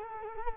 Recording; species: mosquito wingbeat signal from an infrared sensor; Culex quinquefasciatus